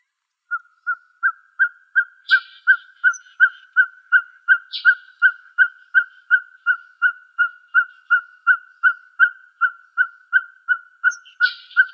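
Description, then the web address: Ferruginous Pygmy-Owl giving a steady run of short, clear toots at a quick, even pace, nearly three each second, with a few chattering notes from other birds. Arizona, 17 March 2007. "Owls AZFO FEPO. deviche"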